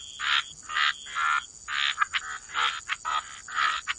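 Frogs calling in chorus, short raspy croaks repeating roughly twice per second, with a thin constant high tone behind.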